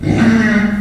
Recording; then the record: squeal of a Yucatan mini pig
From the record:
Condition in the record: after surgery on the right vocal fold (resection and tissue-engineered implant); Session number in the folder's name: 1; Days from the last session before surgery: 13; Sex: female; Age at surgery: 19 weeks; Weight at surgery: 25 kg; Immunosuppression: prednisolone